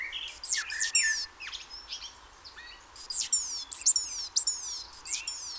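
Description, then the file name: Great tit calls: quick high notes falling in pitch, first scattered, then a denser run near the end, with a few lower chirps early on. "Parus major"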